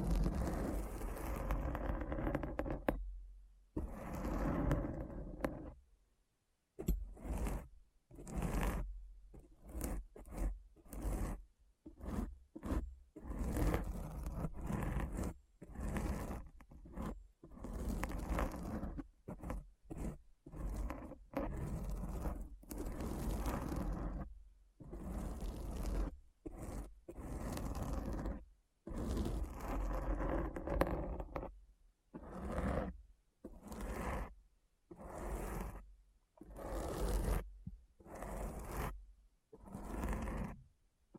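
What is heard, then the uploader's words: Deep, gritty scratching comes in choppy bursts, each a second or two long, cut off by abrupt silent gaps. A low rumble sits under every burst with a rasping hiss on top. A longer pause breaks the pattern near the five-second mark. ASMR Deep Brain Scratch (No Talking).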